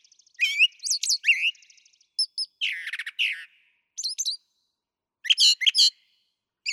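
Brown thrasher delivering fast, varied song phrases: buzzy trills, high whistled notes and chattering bursts, with short silences between.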